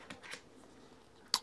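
The magnetic contact of a thin USB-A charging cable is brought to the charging pads of a Pebblebee Card, a card-shaped tracker. A couple of faint handling sounds come first, near 0.1 and 0.3 seconds, followed by a quiet stretch. A single sharp magnetic snap at 1.4 seconds marks the connector seating onto the pads by itself.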